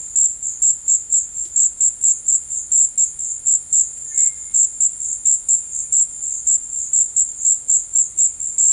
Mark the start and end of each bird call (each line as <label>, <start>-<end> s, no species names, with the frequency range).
bird call (1.7-2.5 kHz), 4.05-4.51 s